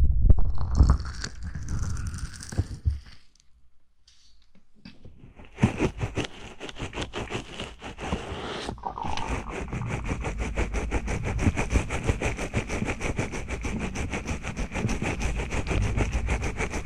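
Mic scratching opens with heavy, low rubbing and thumps for about three seconds, then a near-silent pause. From around the five-second mark, a dense, fast run of crackly scratching takes over and continues steadily to the end with little change.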